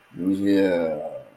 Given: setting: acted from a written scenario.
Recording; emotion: vocal sound without words; pride